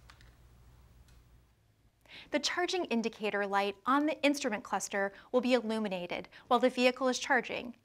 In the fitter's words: plug the charger into the charging inlet push it in until you hear a click